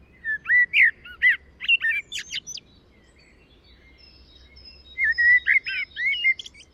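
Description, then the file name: Common blackbird giving a warbled phrase that climbs into high squeaks, a pause with a faint thin whistle from another bird, then a further fluty phrase. "Turdus merula"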